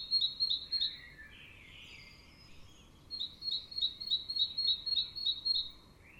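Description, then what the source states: Bird song with a fast run of high chirps, a softer lower warble, then another long series of quick repeated notes. Birds in the morning.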